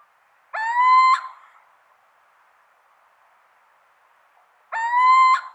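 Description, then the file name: Little owl uttering two rising, mewing whistled notes about four seconds apart, each around half a second long, over a faint hiss. Subspecies vidalii. "Steenuil Athene noctua vidalii"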